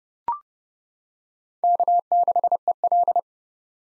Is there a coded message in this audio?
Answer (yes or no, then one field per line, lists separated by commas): yes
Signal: Morse code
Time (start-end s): 1.6-3.2 s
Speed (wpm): 30 wpm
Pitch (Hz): 700 Hz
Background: none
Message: K6EL